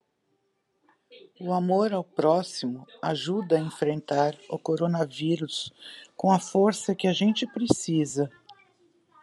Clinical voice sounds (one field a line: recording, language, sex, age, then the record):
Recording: spoken sentence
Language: Brazilian Portuguese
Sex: female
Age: 50 to 59 years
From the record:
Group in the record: control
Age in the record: 57 years